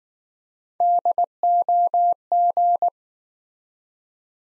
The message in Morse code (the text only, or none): DOG